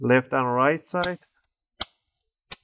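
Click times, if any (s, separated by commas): 1.8 s, 2.5 s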